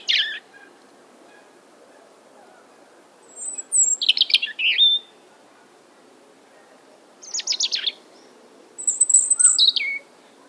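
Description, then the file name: European robin song: short scattered phrases of thin high notes and quick trills, separated by pauses, over a low steady background hum. "Erithacus rubecula"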